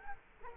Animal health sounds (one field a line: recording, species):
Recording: mosquito wingbeat signal from an infrared sensor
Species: Culex quinquefasciatus